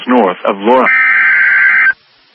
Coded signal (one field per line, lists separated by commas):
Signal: Emergency Alert System (SAME) tones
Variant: header bursts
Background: speech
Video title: Livestream EAS #51: SVR (NWS Amarillo)